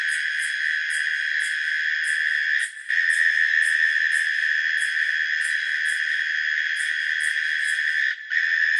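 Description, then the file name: Night insects keeping up a steady shrill hum with quick high ticking chirps, the drone briefly dipping twice before resuming. Night insects in Australia in autumn. "zapsplat animals insects night australia"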